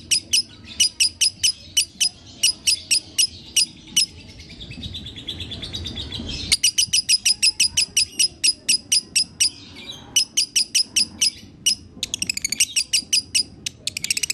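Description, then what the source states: Lovebird song of quick piercing chirps, a softer buzzy stretch after a few seconds, then renewed fast chirping and rattling trills toward the end. Konslet song style.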